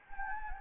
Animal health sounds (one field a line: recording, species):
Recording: mosquito wingbeat signal from an infrared sensor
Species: Anopheles gambiae